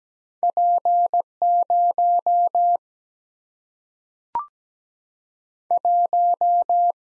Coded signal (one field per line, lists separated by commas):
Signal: Morse code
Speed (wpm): 17 wpm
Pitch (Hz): 700 Hz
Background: none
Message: P 0 1